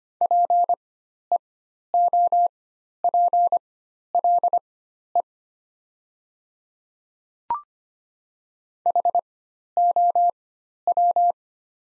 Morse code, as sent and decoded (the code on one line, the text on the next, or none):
.--. . --- .--. .-.. . / .... --- .--
PEOPLE HOW